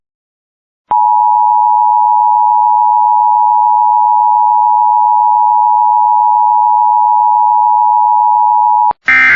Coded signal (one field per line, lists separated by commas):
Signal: Emergency Alert System (SAME) tones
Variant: 853 and 960 Hz attention tone